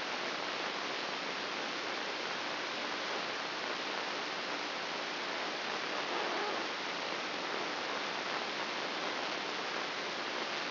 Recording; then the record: brain microelectrode recording played as sound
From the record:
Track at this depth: inside the subthalamic nucleus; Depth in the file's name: 5.861 mm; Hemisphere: left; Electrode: 3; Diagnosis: Parkinson's disease